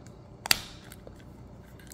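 A plastic battery cover is pressed back onto the housing of a key fob for a 2016 7th-gen Volkswagen Passat after a new battery is put in. A faint tap comes first, then a sharp two-part snap at 0.5 s and 0.5 s as the cover seats, followed by a few soft ticks. The cover is back on and all back in.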